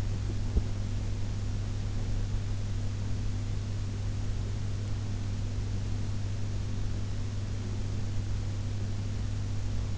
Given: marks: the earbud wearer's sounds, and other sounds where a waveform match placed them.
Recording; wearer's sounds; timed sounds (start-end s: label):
sounds in sleep by an in-ear microphone; teeth grinding
0.00-0.90 s: teeth grinding